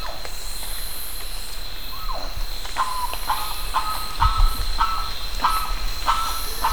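Bird calls, short harsh notes repeated roughly every half second over hissing noise and a steady high hum.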